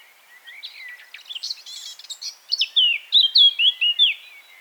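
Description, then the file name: Eurasian blackcap song: a quiet, scratchy warble builds into a loud run of clear, fluty whistled notes over the final two seconds. "Sylvia atricapilla"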